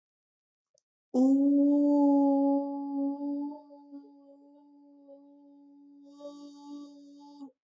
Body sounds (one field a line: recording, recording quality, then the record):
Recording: sustained vowel as in boot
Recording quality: excellent, no background noise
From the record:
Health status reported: healthy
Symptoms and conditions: none ticked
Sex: female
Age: 22 years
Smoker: not ticked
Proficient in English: yes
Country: India